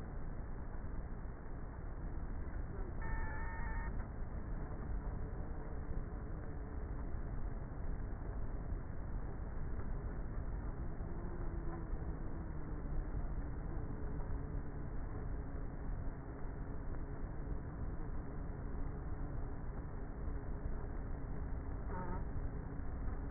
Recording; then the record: honeybee colony, microphone inside the hive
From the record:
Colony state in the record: queenless with a low population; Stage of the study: before two queens were removed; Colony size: about 30,000 bees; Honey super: no